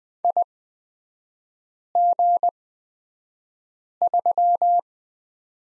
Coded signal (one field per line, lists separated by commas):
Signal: Morse code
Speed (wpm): 20 wpm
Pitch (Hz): 700 Hz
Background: none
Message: IG3